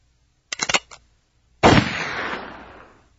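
A gunshot sound effect: a quick burst of sharp mechanical clicks and rattles, a short pause, then a single loud gunshot whose booming report trails off in a long fading echo.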